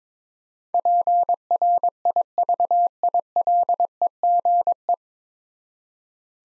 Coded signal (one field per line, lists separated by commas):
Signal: Morse code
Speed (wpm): 22 wpm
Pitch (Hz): 700 Hz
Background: none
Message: PRIVILEGE